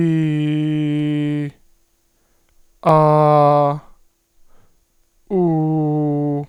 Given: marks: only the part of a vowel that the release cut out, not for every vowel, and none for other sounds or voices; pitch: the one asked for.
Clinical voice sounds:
sustained vowels; male; 30 to 39 years; 1; 0; 0
0.00-1.30 s: vowel /i/, low pitch
2.92-3.65 s: vowel /a/, low pitch
5.50-6.32 s: vowel /u/, low pitch
From the record:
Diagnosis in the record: hyperfunctional dysphonia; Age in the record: 38 years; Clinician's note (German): Multifaktoriell, ponogen

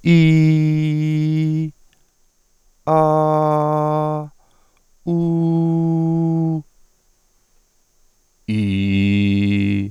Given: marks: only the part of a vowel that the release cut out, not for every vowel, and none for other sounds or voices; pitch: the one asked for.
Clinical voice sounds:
sustained vowels; male; 50 to 59 years; 1; 1; 1
0.31-1.56 s: vowel /i/, high pitch
3.09-4.09 s: vowel /a/, high pitch
5.24-6.44 s: vowel /u/, high pitch
8.67-9.77 s: vowel /i/, low pitch
From the record:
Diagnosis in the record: healthy voice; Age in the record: 55 years

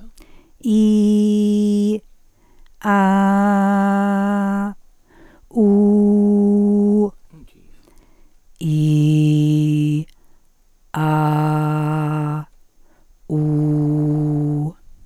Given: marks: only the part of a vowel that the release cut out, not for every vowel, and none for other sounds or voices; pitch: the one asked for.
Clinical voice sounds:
sustained vowels; female; 50 to 59 years; 0; 0; 0
0.82-1.78 s: vowel /i/, high pitch
3.04-4.37 s: vowel /a/, high pitch
5.67-6.91 s: vowel /u/, high pitch
8.75-9.89 s: vowel /i/, low pitch
11.16-12.27 s: vowel /a/, low pitch
13.43-14.52 s: vowel /u/, low pitch
From the record:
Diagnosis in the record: psychogenic dysphonia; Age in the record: 53 years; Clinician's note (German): Leichte funktionelle Störung

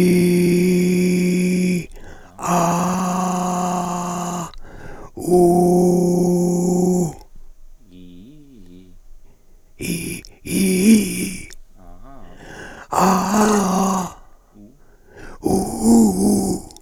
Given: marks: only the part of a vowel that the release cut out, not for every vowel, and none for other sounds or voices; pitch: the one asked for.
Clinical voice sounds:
sustained vowels; male; 60 to 69 years; 3; 1; 3
0.23-1.73 s: vowel /i/, low pitch
2.72-4.26 s: vowel /a/, low pitch
5.36-7.00 s: vowel /u/, low pitch
10.50-11.29 s: vowel /i/, low-high-low pitch
12.96-13.90 s: vowel /a/, low-high-low pitch
15.54-16.53 s: vowel /u/, low-high-low pitch
From the record:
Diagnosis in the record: frontolateral partial laryngectomy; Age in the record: 67 years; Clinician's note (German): Zustand nach Hemilaryngektomie mit mäßiger Dysphonie, leichte supraglottale Kompensation

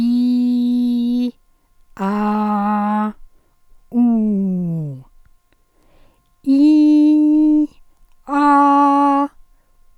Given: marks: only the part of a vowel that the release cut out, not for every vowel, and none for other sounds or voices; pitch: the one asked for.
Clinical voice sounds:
sustained vowels; female; 60 to 69 years; 2; 1; 2
0.00-1.22 s: vowel /i/, normal pitch
2.12-3.01 s: vowel /a/, normal pitch
3.99-4.72 s: vowel /u/, normal pitch
6.63-7.31 s: vowel /i/, high pitch
8.44-9.20 s: vowel /a/, high pitch
From the record:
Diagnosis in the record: functional dysphonia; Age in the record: 63 years

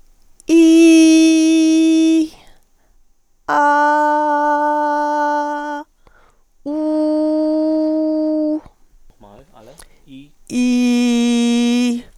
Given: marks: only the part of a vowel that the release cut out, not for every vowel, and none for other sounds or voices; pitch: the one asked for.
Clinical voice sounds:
sustained vowels; female; 60 to 69 years; 0; 0; 0
0.62-2.20 s: vowel /i/, high pitch
3.61-5.56 s: vowel /a/, high pitch
6.85-8.53 s: vowel /u/, high pitch
10.59-11.88 s: vowel /i/, low pitch
From the record:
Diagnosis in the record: psychogenic dysphonia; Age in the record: 60 years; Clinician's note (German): Zustand nach psychogener Aphonie

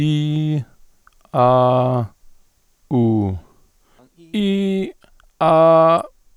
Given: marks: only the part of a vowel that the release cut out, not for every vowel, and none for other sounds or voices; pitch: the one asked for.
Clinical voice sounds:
sustained vowels; male; 50 to 59 years; 0; 0; 0
0.00-0.56 s: vowel /i/, normal pitch
1.40-1.98 s: vowel /a/, normal pitch
5.43-5.95 s: vowel /a/, high pitch
From the record:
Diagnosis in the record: hypofunctional dysphonia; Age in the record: 50 years

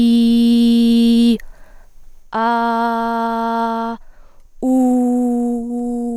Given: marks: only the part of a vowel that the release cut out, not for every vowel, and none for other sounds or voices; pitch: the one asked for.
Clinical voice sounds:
sustained vowels; female; 20 to 29 years; 0; 0; 0
0.00-1.20 s: vowel /i/, normal pitch
2.48-3.80 s: vowel /a/, normal pitch
4.73-5.58 s: vowel /u/, normal pitch
From the record:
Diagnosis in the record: healthy voice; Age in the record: 20 years

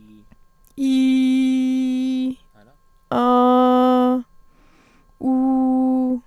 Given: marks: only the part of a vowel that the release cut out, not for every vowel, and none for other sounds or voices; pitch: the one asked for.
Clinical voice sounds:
sustained vowels; female; 20 to 29 years; 0; 0; 0
0.89-2.20 s: vowel /i/, low pitch
3.21-4.11 s: vowel /a/, low pitch
5.30-6.07 s: vowel /u/, low pitch
From the record:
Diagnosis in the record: healthy voice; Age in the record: 28 years

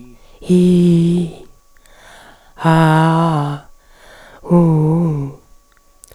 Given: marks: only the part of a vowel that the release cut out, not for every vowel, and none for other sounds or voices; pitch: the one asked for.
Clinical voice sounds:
sustained vowels; female; 60 to 69 years; 2; 0; 2
0.53-1.24 s: vowel /i/, low-high-low pitch
2.69-3.47 s: vowel /a/, low-high-low pitch
4.54-5.26 s: vowel /u/, low-high-low pitch
From the record:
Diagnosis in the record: recurrent laryngeal nerve paralysis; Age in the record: 61 years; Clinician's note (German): Schlaff, rechts, nicht kompensiert

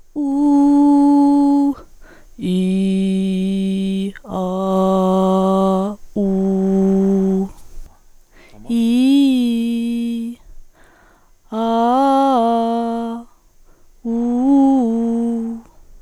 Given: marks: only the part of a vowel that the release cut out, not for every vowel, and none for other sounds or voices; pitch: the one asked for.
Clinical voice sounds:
sustained vowels; female; 20 to 29 years; 0; 0; 0
0.44-1.57 s: vowel /u/, high pitch
2.67-3.91 s: vowel /i/, low pitch
4.62-5.80 s: vowel /a/, low pitch
6.36-7.30 s: vowel /u/, low pitch
8.81-9.89 s: vowel /i/, low-high-low pitch
11.71-12.92 s: vowel /a/, low-high-low pitch
14.30-15.28 s: vowel /u/, low-high-low pitch
From the record:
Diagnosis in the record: healthy voice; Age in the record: 21 years

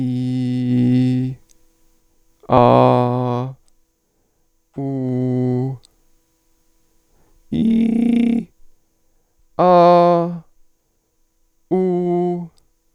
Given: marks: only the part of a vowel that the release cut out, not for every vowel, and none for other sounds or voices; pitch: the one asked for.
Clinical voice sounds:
sustained vowels; male; 40 to 49 years; 1; 1; 1
0.00-1.11 s: vowel /i/, normal pitch
2.59-3.31 s: vowel /a/, normal pitch
4.88-5.58 s: vowel /u/, normal pitch
7.65-8.31 s: vowel /i/, high pitch
9.64-10.19 s: vowel /a/, high pitch
11.75-12.31 s: vowel /u/, high pitch
From the record:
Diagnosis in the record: hypofunctional dysphonia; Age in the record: 47 years

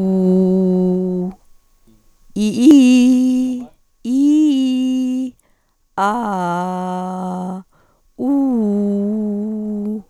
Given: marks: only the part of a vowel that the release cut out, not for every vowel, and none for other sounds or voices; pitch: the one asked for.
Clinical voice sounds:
sustained vowels; female; 40 to 49 years; 2; 1; 0
0.50-1.25 s: vowel /u/, low pitch
4.19-5.19 s: vowel /i/, low-high-low pitch
6.00-6.91 s: vowel /a/, low-high-low pitch
8.32-9.49 s: vowel /u/, low-high-low pitch
From the record:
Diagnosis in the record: hyperfunctional dysphonia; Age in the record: 48 years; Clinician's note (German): Multifaktoriell

